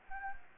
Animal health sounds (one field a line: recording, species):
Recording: mosquito wingbeat signal from an infrared sensor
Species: Anopheles gambiae